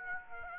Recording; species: mosquito wingbeat signal from an infrared sensor; Aedes aegypti